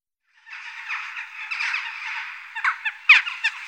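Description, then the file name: Western jackdaw calls: a rough, hoarse chattering stretch at first, then several separate sharp, clipped notes near the end. "grajilla"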